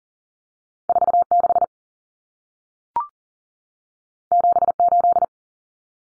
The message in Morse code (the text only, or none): 46 78